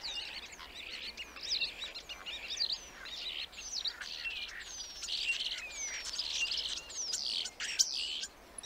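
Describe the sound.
Black starling singing a continuous jumble of scratchy notes, slurred whistles and falling squeaks over a soft background hiss.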